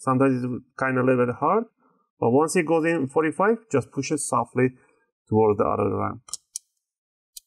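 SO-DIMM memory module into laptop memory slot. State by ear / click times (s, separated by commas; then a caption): seated / 6.6 s, 7.4 s. A 2 GB SO-DIMM laptop memory module for an HP ProBook 4530 is inserted into the upper slot at 45 degrees and pressed down softly while someone talks. Sharp clicks at 6.6 s and 7.4 s mark the side retaining clips snapping over it, and the module is seated.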